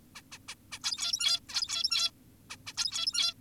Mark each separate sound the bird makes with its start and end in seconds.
0.16-0.22, 0.32-0.38, 0.48-0.55, 0.72-0.79, 0.84-1.40, 1.49-2.11, 2.50-2.57, 2.67-2.73, 2.77-3.34